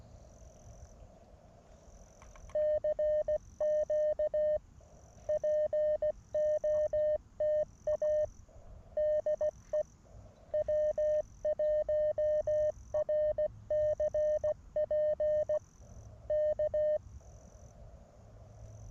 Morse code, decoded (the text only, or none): CQ POTA DE W1RCP K